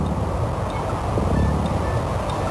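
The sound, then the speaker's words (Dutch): Underwater recording of Atlantic cod calling: low, rumbling grunts blurred into a steady wash of hissing water noise for a couple of seconds, with faint thin whistles on top and no voices. “Maar ook vissen kunnen zingen. Zoals deze kabeljauw.”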